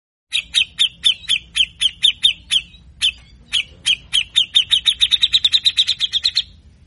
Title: MASTERAN CUCAK JENGGOT GACOR FULL BESETAN KASAR DURASI PANJANG. Cucak Jenggot Ngepik Ngepik Efektif Pancing Emosi Cucak Jenggot Macet Bunyi